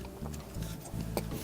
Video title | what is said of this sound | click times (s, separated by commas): 4DRC 4D-V30 Mini Drone with Obstacle Avoidance Review #4DRC | arms sort of pop into place. | 1.2 s